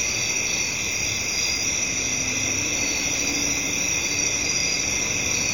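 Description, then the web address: Crickets produce unbroken high, thin trills layered together, while a dull traffic drone runs beneath. Residential area at night, crickets with traffic in the background. "Residential Night Time Crickets,traffic In Bg, Ambience. Sound Ideas Series 2000"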